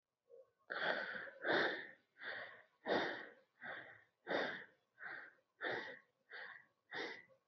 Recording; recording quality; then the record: shallow breathing; excellent, no background noise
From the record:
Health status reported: COVID-19 positive, mild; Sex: male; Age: 23 years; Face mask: not worn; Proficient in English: yes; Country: India